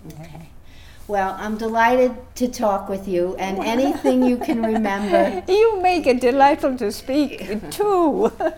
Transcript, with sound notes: Okay. Well, I'm delighted to talk with you and anything you can remember.
[Laughs] You make it delightful to speak, too.